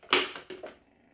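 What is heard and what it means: The second plastic mopping plate is pressed onto the underside of a Narwal T10 self-washing and vacuuming robot. A loud, sharp snap at 0.1 s is followed by two fainter clicks around 0.5 s and 0.65 s. The plate is seated.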